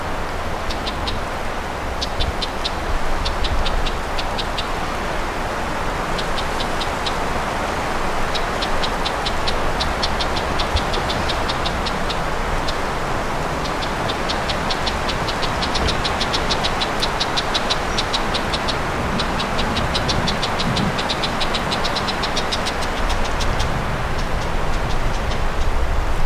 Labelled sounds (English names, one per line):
Red-backed Shrike call